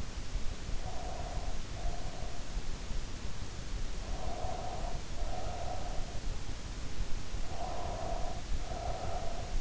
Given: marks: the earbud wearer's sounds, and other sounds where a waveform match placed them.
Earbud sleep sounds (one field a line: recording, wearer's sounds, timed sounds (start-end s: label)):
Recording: sounds in sleep by an in-ear microphone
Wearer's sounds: breath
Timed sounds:
0.49-2.34 s: breath
3.98-6.25 s: breath
7.25-9.61 s: breath